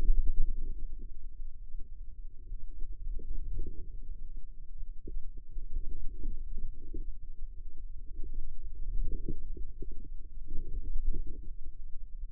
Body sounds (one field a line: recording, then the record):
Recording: forearm muscle sounds (acoustic myography)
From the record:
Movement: ulnar deviation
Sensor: system 2, bracelet of six BSWA MPA416 microphones around the upper forearm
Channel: 2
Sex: female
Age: 25 years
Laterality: right